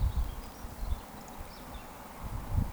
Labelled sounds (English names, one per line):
Eurasian Woodcock whistle